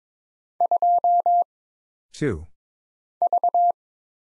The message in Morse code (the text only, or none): 2 V